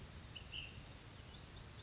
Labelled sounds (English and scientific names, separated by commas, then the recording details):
Ash-throated Flycatcher (Myiarchus cinerascens)
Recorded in Sonoma County, California